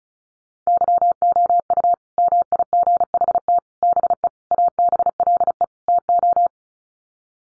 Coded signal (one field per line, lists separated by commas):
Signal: Morse code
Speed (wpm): 34 wpm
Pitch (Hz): 700 Hz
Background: none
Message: YOU MIGHT BE ABLE TO